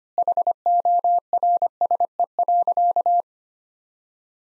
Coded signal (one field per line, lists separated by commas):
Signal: Morse code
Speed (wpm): 25 wpm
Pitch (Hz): 700 Hz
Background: none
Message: HORSE.